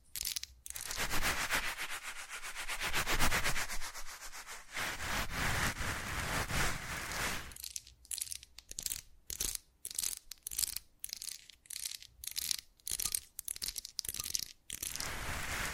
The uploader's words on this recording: ASMR Fast Changing Unpredictable Triggers (No Talking).